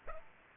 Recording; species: mosquito wingbeat signal from an infrared sensor; Aedes aegypti